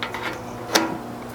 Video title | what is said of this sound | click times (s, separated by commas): 2nd Gen Sequoia Front Strike Bumper Install | but they should snap into place pretty well. | 0.8 s